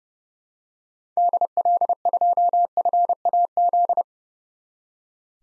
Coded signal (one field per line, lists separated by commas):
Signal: Morse code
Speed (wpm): 32 wpm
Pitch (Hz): 700 Hz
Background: none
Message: DL2FAZ